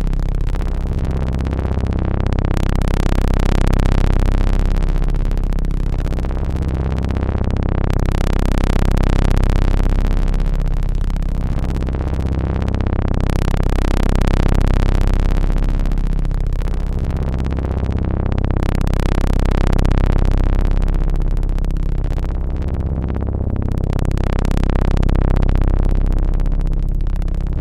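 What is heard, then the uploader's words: Layered electronic tones hold a constant low drone with a steady level throughout. Brighter washes swell and fade in a slow cycle roughly every five to six seconds, giving a gentle pulsing motion over the sustained bass, with no separate events. Tones generated by Analogue Solutions Red Square, Macbeth M3X and Akai MFC 42.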